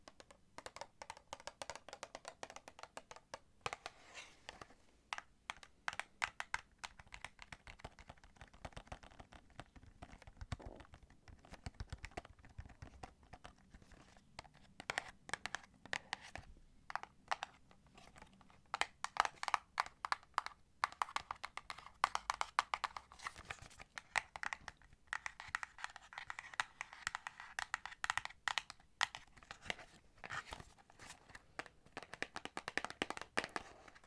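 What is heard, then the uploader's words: Rapid, irregular tapping clicks, dense bursts with brief pauses throughout, crisp, with a faint low rumble underneath. ASMR Tapping To Help You Sleep (No Talking).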